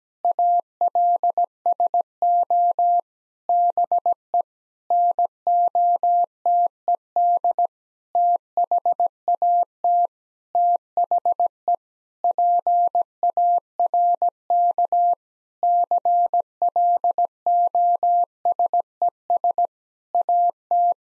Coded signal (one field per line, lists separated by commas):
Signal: Morse code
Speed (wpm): 17 wpm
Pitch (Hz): 700 Hz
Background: none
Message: ALSO BE NOTED THAT THE PARK CLOSES AT